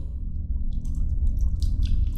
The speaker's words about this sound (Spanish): Pero aquello no fue todo. Se produjo otro ruido fuera de la casa, una especie de chapoteo en el agua. Debió de haber sido en el pozo.